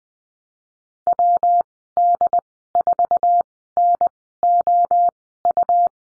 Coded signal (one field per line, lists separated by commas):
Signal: Morse code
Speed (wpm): 20 wpm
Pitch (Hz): 700 Hz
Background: none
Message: WD4NOU